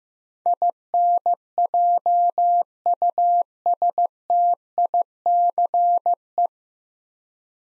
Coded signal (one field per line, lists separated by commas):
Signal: Morse code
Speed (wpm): 15 wpm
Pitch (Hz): 700 Hz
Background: none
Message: INJUSTICE